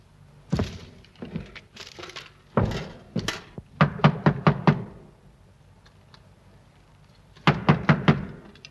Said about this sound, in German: Aber wir müssen sie herausklopfen, wenn wir einen Führer haben wollen. Klopfen, das ist ein natürlicher Lärm, Dummkopf. Da kann sich eine Kuh an die Stallwand wälzen.